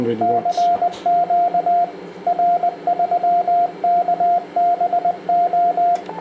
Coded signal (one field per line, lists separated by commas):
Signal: Morse code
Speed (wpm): 20 wpm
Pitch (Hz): 700 Hz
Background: speech, radio noise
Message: CQ R3KBO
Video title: Test power amplifier 1200W SSB/CW 160 – 6 meter amplifier with heat pipes BLF188XR